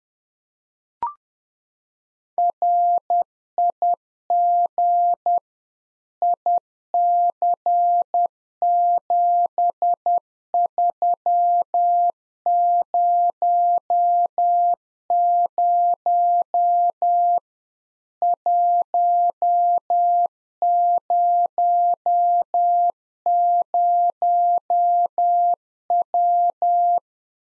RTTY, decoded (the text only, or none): none